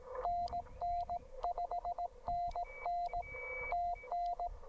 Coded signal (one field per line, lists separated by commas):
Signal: Morse code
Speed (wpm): 18 wpm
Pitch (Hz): 690 Hz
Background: radio noise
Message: NN5NN TN